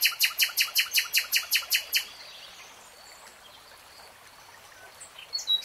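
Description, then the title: Nightingale song: a fast series of loud, hard repeated notes over two seconds, then near silence with faint high notes. Singing in real time. "[Tiếng chim hót] Nightingale Singing"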